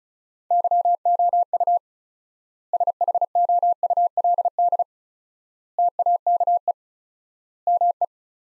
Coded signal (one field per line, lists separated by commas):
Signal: Morse code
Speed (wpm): 34 wpm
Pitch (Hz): 700 Hz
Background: none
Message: YOU SHOULD TAKE ME